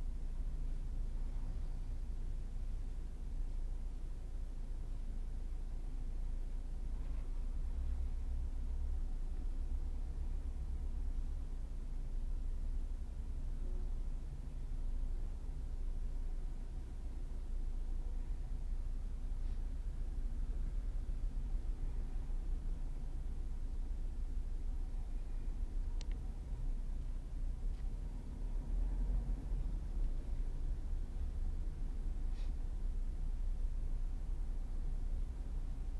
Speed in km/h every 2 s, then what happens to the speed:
8, 5, 2, 1, 2, 1, 0, 0, 1, 1, 0, 3, 7, 7, 11, 11, 11, 12.
0-4 slows to 2. 4-21 standing. 21-28 pulls away to 11. 28-36 steady at about 11.